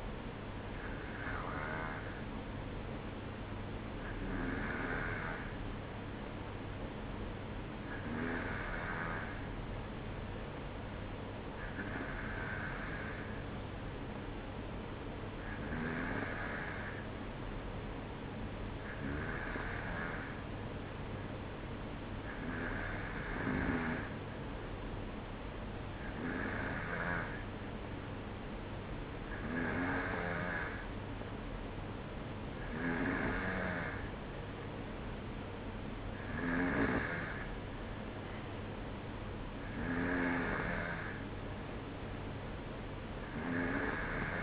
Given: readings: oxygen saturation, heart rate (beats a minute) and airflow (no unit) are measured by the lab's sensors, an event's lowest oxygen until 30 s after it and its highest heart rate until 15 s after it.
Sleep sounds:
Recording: breathing in sleep by a voice recorder at the bedside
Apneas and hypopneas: none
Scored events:
none scored
From the record:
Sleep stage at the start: N2 (light sleep)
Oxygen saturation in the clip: 93 to 94%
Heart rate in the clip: 52 to 56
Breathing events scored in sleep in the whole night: 305 in 9.6 hours asleep

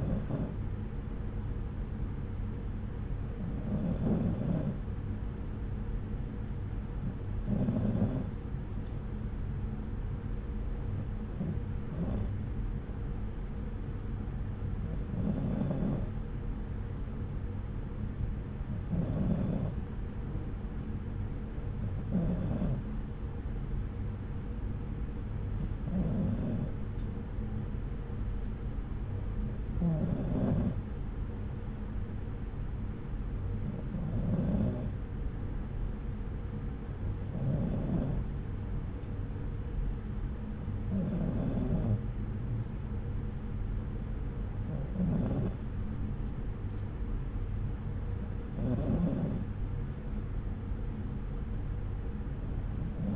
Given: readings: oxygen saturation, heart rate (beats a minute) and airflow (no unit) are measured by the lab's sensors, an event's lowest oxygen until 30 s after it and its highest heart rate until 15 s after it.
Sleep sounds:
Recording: breathing in sleep by a smartphone at the bedside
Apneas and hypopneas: none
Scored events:
none scored
From the record:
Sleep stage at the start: N2 (light sleep)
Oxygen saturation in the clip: 93%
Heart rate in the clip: 65 to 69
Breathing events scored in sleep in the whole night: 303 in 8.1 hours asleep

